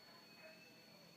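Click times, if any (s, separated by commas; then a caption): none. While reassembling a hand pump for PCP air guns after replacing its O-rings, an internal part is pushed back into the pump body over steady background noise with faint tones. Nothing has seated or clicked yet; the part does not lock in.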